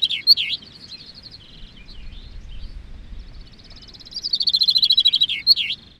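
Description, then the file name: Chaffinch song heard as the tail of one phrase, a quiet pause with faint rumble, then a complete fast descending trill ending in a sharp flourish. Recorded in Gistel. "vink gistel"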